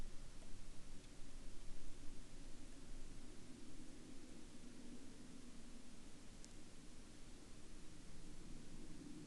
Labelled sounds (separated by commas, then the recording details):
rain, aircraft
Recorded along the Dempster Highway, Canada, on 16 October 2019 at 13:21
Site 25